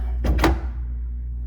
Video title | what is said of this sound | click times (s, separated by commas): DIY REMOVE SOFT CLOSE DRAWERS WITH BOTTOM SLIDES | boom, it clicked in, right? | 0.4 s